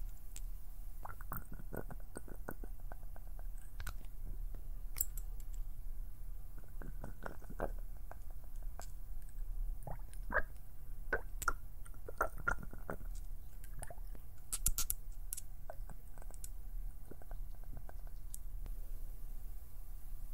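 Fingers pluck, pinch and flutter in quick, irregular bursts of small, soft clicks and ticks with a slightly squishy edge. The snaps crowd together through the middle and thin out toward the end, over a faint, steady low hum.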